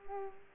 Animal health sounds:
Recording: mosquito wingbeat signal from an infrared sensor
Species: Culex pipiens

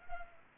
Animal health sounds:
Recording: mosquito wingbeat signal from an infrared sensor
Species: Culex pipiens

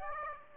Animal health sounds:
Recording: mosquito wingbeat signal from an infrared sensor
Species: Aedes aegypti

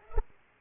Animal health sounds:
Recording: mosquito wingbeat signal from an infrared sensor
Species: Culex pipiens

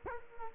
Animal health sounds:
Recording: mosquito wingbeat signal from an infrared sensor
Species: Culex quinquefasciatus

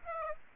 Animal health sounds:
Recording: mosquito wingbeat signal from an infrared sensor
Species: Aedes aegypti

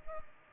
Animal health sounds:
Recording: mosquito wingbeat signal from an infrared sensor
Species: Culex pipiens

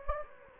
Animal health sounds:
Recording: mosquito wingbeat signal from an infrared sensor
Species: Anopheles gambiae

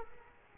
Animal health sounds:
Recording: mosquito wingbeat signal from an infrared sensor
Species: Culex quinquefasciatus

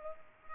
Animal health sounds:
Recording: mosquito wingbeat signal from an infrared sensor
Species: Culex pipiens

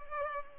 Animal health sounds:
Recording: mosquito wingbeat signal from an infrared sensor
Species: Culex pipiens

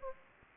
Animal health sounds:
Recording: mosquito wingbeat signal from an infrared sensor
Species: Aedes aegypti

